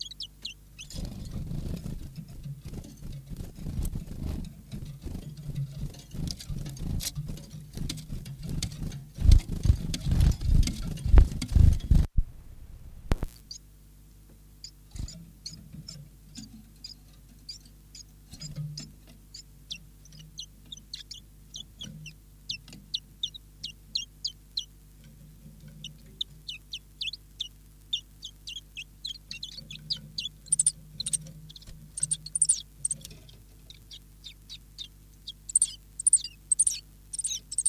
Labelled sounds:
Common Chiffchaff

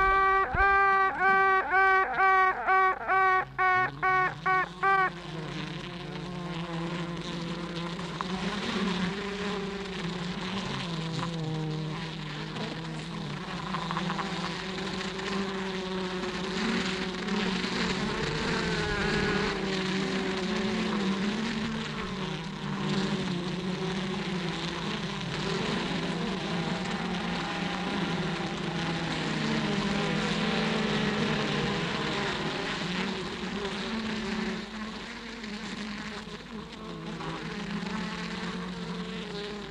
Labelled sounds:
Honey Bee

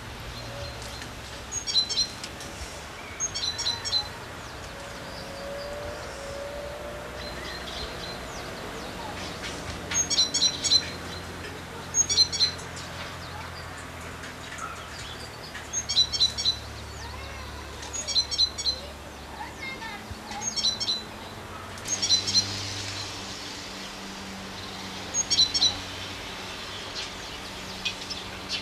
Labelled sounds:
Great Tit song

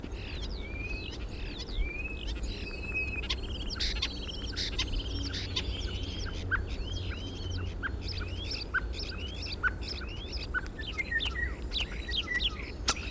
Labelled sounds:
European Starling

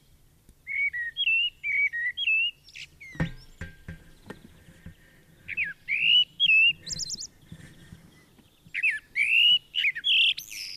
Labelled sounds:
Common Blackbird song

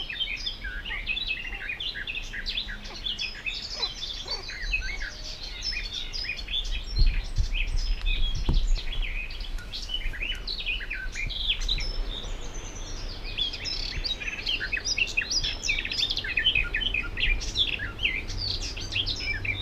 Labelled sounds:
Garden Warbler song

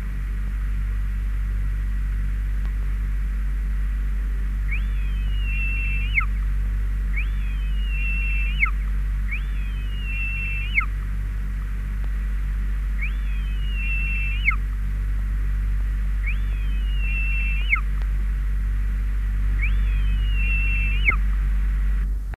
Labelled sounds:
Short-toed Snake Eagle call

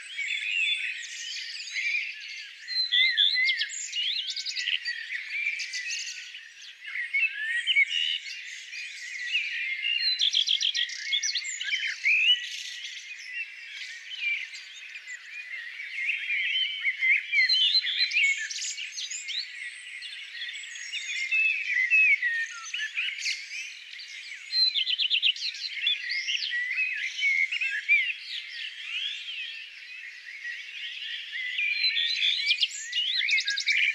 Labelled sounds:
Common Redstart song

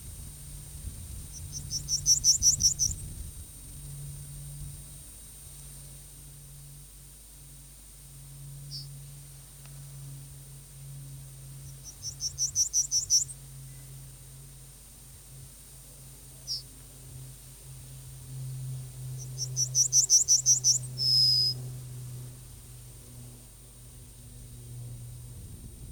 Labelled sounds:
Yellowhammer song

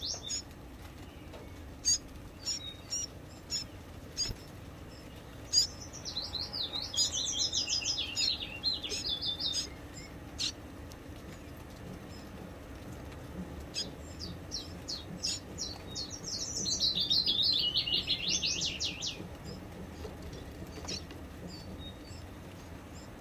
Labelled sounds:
Common Chiffchaff

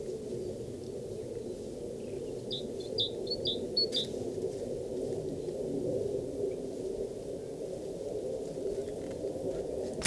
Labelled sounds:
Great Tit song

